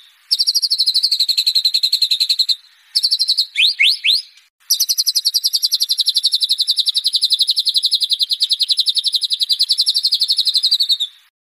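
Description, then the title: White-rumped shama song: a long high rapid trill, a brief burst of rising swept whistles, then another extended, very even trill. Used for training caged birds. "MURAI BATU LABAIK"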